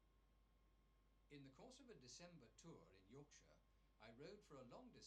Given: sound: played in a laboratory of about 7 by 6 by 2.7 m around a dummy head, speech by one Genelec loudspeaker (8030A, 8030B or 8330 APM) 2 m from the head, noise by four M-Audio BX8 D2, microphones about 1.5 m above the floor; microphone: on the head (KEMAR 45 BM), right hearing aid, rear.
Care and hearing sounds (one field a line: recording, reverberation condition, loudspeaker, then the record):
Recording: male speech in English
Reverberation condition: low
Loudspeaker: 30 degrees to the right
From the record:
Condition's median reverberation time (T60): about 310 ms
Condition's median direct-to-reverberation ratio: about 3.5 dB